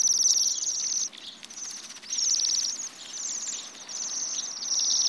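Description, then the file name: Bohemian waxwing calls: high sibilant trilled notes in repeated bursts, with brief quieter gaps between. "Sidensvans"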